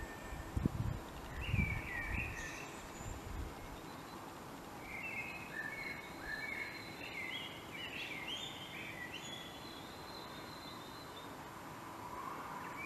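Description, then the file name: Common blackbird song, several mellow warbled phrases with high twittery endings, with a few low bumps at the start; steady background hiss. "Turdus merula"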